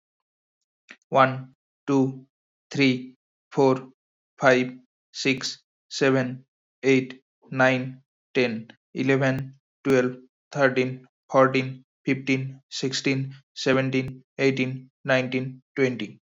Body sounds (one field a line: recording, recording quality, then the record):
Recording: counting at a normal pace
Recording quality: excellent, no background noise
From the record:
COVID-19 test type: RT-PCR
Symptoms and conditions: cough, cold, sore throat, fatigue, loss of smell and taste, chronic lung disease, pneumonia, hypertension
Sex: male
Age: 23 years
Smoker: no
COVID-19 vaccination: both doses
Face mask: not worn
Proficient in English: yes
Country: India